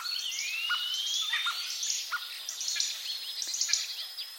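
Common starling song opens with a long rising whistle, followed by scratchy clicks, squeaks and buzzy chatter.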